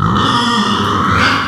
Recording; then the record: squeal of a Yucatan mini pig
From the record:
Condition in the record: after surgery on the right vocal fold (resection and tissue-engineered implant); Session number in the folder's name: 15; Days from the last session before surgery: 175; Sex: female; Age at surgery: 19 weeks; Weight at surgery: 25 kg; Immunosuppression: prednisolone